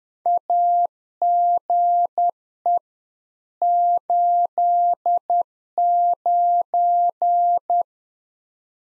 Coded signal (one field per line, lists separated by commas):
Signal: Morse code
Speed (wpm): 10 wpm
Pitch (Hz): 700 Hz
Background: none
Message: AGE 89